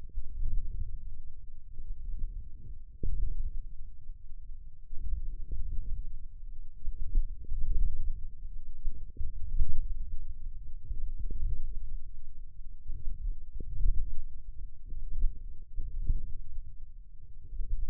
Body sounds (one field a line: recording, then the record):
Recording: forearm muscle sounds (acoustic myography)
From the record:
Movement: wrist flexion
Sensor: system 1, eight BSWA MPA416 microphones around the upper forearm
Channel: 6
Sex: male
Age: 28 years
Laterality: right